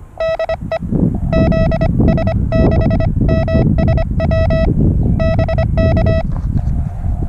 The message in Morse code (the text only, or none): DE ZS6MSW BK